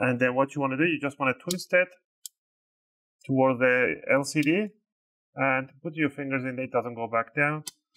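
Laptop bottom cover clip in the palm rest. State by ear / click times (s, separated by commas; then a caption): released / 2.3 s. A guitar pick wedged about one or two mm between the palm rest and the plastic bottom cover at one corner of a Lenovo Legion 5 Pro 16ACH6H laptop is twisted toward the screen while someone talks. A plastic retaining clip pops free with a sharp click at 2.3 s. The bottom cover clip comes loose and is released.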